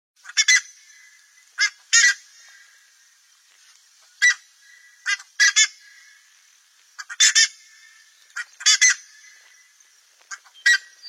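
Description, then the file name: Buff-necked ibis giving loud, harsh honking calls at irregular intervals, some in quick pairs. "canto da curicaca"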